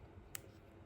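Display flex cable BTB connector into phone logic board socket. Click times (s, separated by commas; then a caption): 0.4 s. A finger presses the screen flex cable's board-to-board connector onto the logic board socket of an iPhone 6S during a battery replacement. A single short, sharp click at 0.4 s stands out over a quiet low hum, and the connector is seated.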